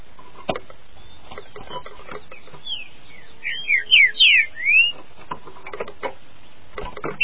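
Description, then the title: Green-winged saltator song, a rich phrase of four or five quick slurred whistles that rise and fall, over light background noise with scattered clicks. "Trinca Ferro"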